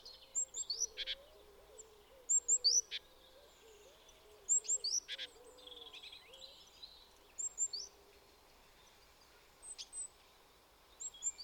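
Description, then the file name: Great tit giving clipped metallic chinks and high squeaky notes in short clusters, while a low wavering hoot repeats quietly in the background. "Parus major"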